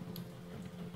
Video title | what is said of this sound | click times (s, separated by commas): AMD 8350 R9 280 Gaming Build Under $1000 | Hear it snap. | 0.2 s